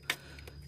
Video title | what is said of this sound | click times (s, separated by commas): eps karimun kotak menyala, steer terasa berat, mari kita bahas disini!! | Makanya harus dibersihkan dan kita pasang dengan benar-benar sampai berbunyi klik untuk soketnya ya, bro. | 0.1 s